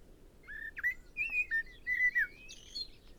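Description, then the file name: Common blackbird giving a run of clear, slurred whistled notes, some dipping and some rising, ending with a couple of higher, thinner phrases. "Turdus merula"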